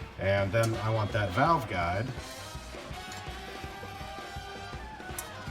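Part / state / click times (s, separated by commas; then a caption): piston valve guide into trumpet valve casing / seated / 5.2 s. An oiled trumpet piston valve is turned inside the valve casing until its valve guide drops into the guide slot and seats. Someone talks over soft background music and low handling sounds. A sharp click is heard at 5.2 s as the guide falls into place.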